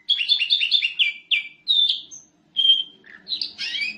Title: Suara Kenari Gacor Suara Kicau Burung Kenari Gacor Juara 1